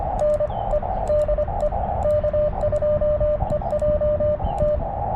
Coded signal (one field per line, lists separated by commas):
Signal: Morse code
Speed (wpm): 25 wpm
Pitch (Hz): 590 Hz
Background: radio noise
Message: N E DE K2EJT